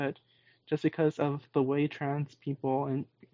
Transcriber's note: none